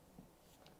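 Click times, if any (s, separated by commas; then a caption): none. A 3D printer part, lined up by a blue alignment mark, is handled against its mount on the frame of a Prusa Mini printer during assembly. A soft low thump comes near 0.2 s and a brief faint tick at 0.7 s over quiet indoor background. Nothing has seated or snapped in yet.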